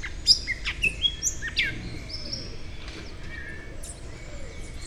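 Bird tweeting: several quick, high, downward-sweeping chirps and short whistles crowd the first two seconds, then only faint calls over low background noise.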